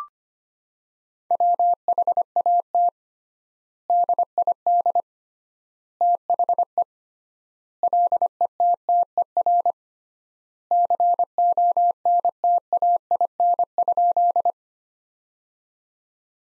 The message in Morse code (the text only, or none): WHAT DID THE LETTER CONTAIN?